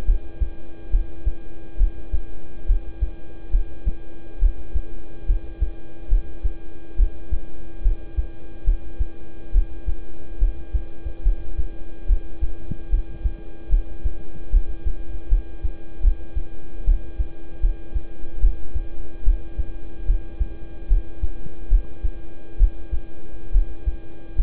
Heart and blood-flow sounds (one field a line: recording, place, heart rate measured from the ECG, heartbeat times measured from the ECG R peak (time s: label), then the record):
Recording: heart sounds by stethoscope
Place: between the tricuspid and mitral areas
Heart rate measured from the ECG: 72 bpm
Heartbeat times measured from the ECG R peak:
0.05 s: heartbeat
0.90 s: heartbeat
1.77 s: heartbeat
2.66 s: heartbeat
3.50 s: heartbeat
4.39 s: heartbeat
5.26 s: heartbeat
6.08 s: heartbeat
6.96 s: heartbeat
7.82 s: heartbeat
8.64 s: heartbeat
9.52 s: heartbeat
10.38 s: heartbeat
11.23 s: heartbeat
12.06 s: heartbeat
12.89 s: heartbeat
13.69 s: heartbeat
14.50 s: heartbeat
15.28 s: heartbeat
16.01 s: heartbeat
16.84 s: heartbeat
17.60 s: heartbeat
18.40 s: heartbeat
19.24 s: heartbeat
20.06 s: heartbeat
20.88 s: heartbeat
21.68 s: heartbeat
22.57 s: heartbeat
23.51 s: heartbeat
24.35 s: heartbeat
From the record:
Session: rest, lying down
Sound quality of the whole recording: good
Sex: male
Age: 26 years